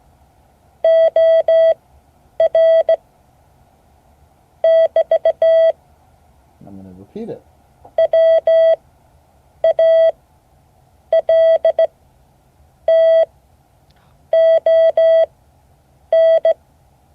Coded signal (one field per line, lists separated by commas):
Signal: Morse code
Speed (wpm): 16 wpm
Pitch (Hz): 650 Hz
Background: speech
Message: OR <BT> WALTON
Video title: Morse code class 2024-08-15 (12 of 12)